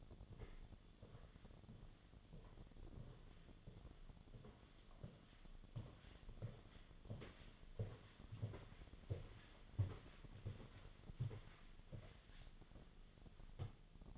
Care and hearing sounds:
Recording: daily activity, microphone in the room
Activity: walk to room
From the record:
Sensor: 4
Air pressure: 1011.0 hPa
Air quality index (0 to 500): 161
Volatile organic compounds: 4 ppm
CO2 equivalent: 1641 ppm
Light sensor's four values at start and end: 44/126/51/52 and 43/123/50/51

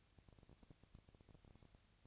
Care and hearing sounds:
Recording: daily activity, microphone in the room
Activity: no activity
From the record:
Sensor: 2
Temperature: 20.1 degrees Celsius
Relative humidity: 35.5%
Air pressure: 996.8 hPa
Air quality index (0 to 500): 197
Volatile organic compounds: 30 ppm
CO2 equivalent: 2952 ppm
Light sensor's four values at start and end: 2/3/2/2 and 2/3/2/2

